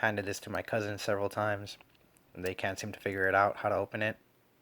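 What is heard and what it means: A metal Leatherman Signal multitool is handled, with its locking button in the handle about to be pressed down to lock the tool so it won't open. Someone talks in two bursts with a short pause in between, and no click is heard. Nothing has seated or clicked yet when the clip ends.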